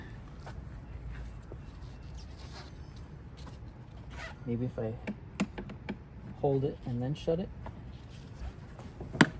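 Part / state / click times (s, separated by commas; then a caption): cooler lid clasp latching onto cooler body / seated / 9.2 s. Someone talks while holding the clasp of a hard plastic Tesla Cyber Cooler, a Cybertruck accessory, and shutting its lid, with a few light taps around 5.4 to 5.9 s. A sharp click at 9.2 s marks the lid clasp latching onto the cooler body and locking closed.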